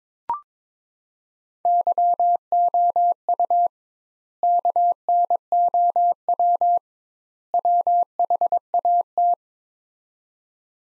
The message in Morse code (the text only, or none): YOU KNOW WHAT